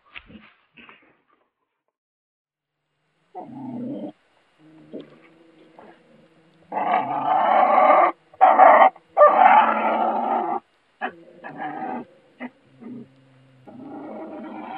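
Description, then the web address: Marten giving harsh, buzzy chattering calls in irregular bursts, separated by short silences, with quieter rasping notes between. "golos kunica"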